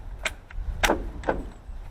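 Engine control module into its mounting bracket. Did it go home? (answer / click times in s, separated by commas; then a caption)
yes / 0.3 s. A new engine control module, replacing one to stop stalling, is slid into its plastic mounting bracket, held by two small tabs on the bottom, and locks into place with a sharp snap at 0.3 s. A fainter tick follows at 0.5 s and another click at 1.3 s over low background noise, leaving the module seated in the bracket.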